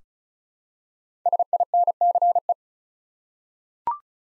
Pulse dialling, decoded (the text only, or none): none